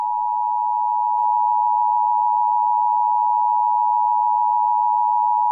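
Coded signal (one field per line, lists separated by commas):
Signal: Emergency Alert System (SAME) tones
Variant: 853 and 960 Hz attention tone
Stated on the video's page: This is a fictional EAS scenario.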